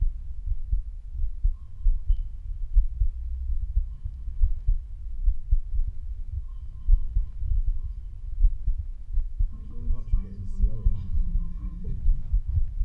Heart beat.